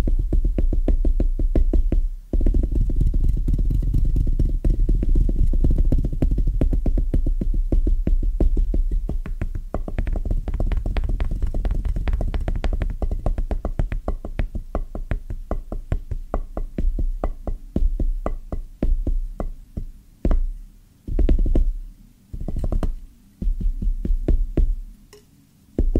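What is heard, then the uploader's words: Soft, bassy tapping in a fast, dense, steady rhythm, with each tap a low thud and a faint click on top. The taps run continuously for about twenty seconds, then thin into short bursts separated by brief pauses before stopping near the end. ASMR Rhythmic Tapping Bassy & Soft No Talking.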